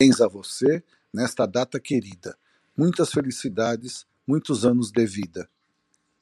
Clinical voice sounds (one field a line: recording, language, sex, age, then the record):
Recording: short text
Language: Brazilian Portuguese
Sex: male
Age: 60 to 69 years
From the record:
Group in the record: control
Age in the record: 63 years